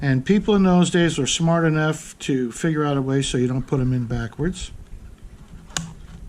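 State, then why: Partly seated. Someone talks while installing a 67.5 volt B battery in a vintage Westinghouse beach radio, then the first of two snap clip connectors snaps onto the battery with a sharp click at 5.8 s. Only one clip is on so far, so the installation is partly done.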